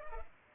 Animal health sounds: mosquito wingbeat signal from an infrared sensor; Culex pipiens

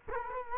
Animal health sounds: mosquito wingbeat signal from an infrared sensor; Culex quinquefasciatus

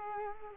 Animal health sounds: mosquito wingbeat signal from an infrared sensor; Culex quinquefasciatus

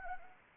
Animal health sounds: mosquito wingbeat signal from an infrared sensor; Anopheles arabiensis

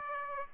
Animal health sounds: mosquito wingbeat signal from an infrared sensor; Aedes aegypti

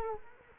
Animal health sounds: mosquito wingbeat signal from an infrared sensor; Culex quinquefasciatus

